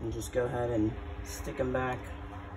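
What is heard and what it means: Someone talks while handling plastic trim clips for the rear hatch trim panel of a 2008 Porsche Cayenne S after the reverse bulb is replaced, with a steady low hum underneath. The clips are about to be pushed back into their holes in the panel, but nothing has seated or clicked yet.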